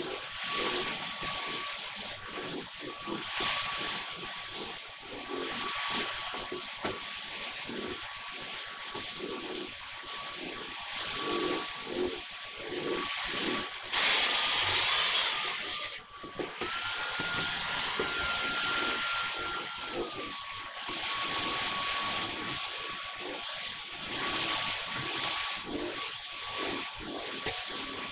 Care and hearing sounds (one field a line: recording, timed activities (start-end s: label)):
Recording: household activities, microphone on the right wrist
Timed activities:
0.00-28.12 s: vacuum cleaning